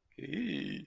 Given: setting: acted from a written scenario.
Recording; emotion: vocal sound without words; fear